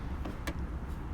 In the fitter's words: on over until you hear that click and you should be good the